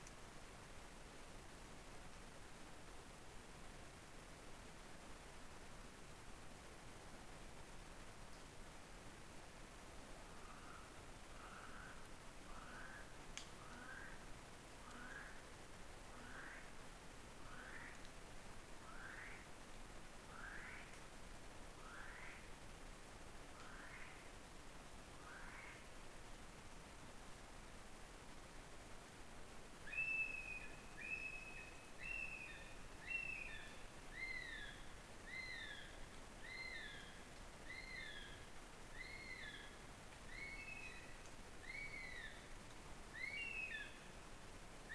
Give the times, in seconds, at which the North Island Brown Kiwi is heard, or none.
10.06-26.18, 29.77-44.94